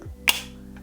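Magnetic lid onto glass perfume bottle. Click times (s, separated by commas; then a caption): 0.3 s. A minimal magnetic lid is closed onto a glass perfume bottle of a vanilla scent, snapping shut with a sharp, bright snap at 0.3 s, followed by a couple of faint ticks near 0.8 s. The magnetic closure holds the lid securely seated on the bottle.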